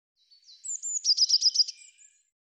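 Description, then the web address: Eurasian blue tit call: faint lead-in notes, two high thin drawn-out notes, then a rapid buzzy series of about six notes trailing into a brief final note. "cianscape birddata Deverinetal 2025 File cleaned normalized Bird Cy Ca"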